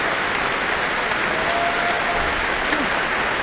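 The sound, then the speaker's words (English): Sustained, dense applause from a large audience after a violinist's performance of a presto by Bach, a steady roar of many hands clapping at an even loudness throughout, with no voices standing out. “She's just been applauding the Frommers themselves for that tremendous applause that they gave her for that presto by Bach.”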